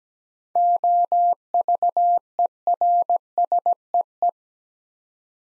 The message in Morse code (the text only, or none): OVERSEE